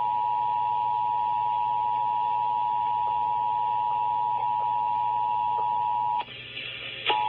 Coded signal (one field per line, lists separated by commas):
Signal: Emergency Alert System (SAME) tones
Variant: 853 and 960 Hz attention tone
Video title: EAS North Carolina Required Monthly Test (RMT) on WLNK 107.9 and WMIT 106.9 - 9/16/2025